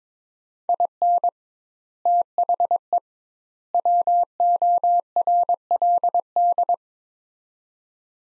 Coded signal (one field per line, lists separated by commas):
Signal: Morse code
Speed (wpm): 22 wpm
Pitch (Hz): 700 Hz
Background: none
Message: IN THE WORLD